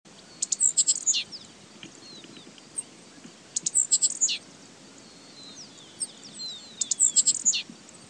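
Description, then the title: Bird song, very high thin trilled phrases with sharp descending notes, repeated roughly every three seconds, with soft chips between phrases over faint steady background hiss. "LuckyPassaro Completos2Sama"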